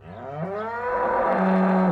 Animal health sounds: contact call of a hoofed animal; cattle; low-frequency (closed-mouth) or high-frequency (open-mouth) call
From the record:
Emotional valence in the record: negative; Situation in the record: full separation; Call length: 1.91 s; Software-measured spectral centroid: 1100 Hz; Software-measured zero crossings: 1380 a second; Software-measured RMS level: -23 dBFS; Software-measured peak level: -11 dBFS

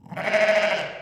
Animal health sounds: contact call of a hoofed animal; sheep; low-frequency (closed-mouth) or high-frequency (open-mouth) call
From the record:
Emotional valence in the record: positive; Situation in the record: reunion with pen mate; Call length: 1.02 s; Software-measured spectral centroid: 2220 Hz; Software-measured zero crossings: 2200 a second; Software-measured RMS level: -23 dBFS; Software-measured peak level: -10 dBFS

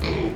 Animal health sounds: contact call of a hoofed animal; pig; closed-mouth grunt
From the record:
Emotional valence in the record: positive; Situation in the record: food and toys in familiar pen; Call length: 0.36 s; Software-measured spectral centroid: 2010 Hz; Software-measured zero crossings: 1310 a second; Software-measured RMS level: -24 dBFS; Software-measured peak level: -11 dBFS

